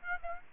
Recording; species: mosquito wingbeat signal from an infrared sensor; Aedes aegypti